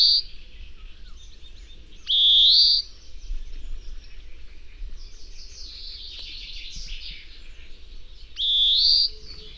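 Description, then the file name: European greenfinch uttering long, buzzy, upslurred wheezes several seconds apart, the first cut off at the start, with faint twittering in between. "Chloris chloris"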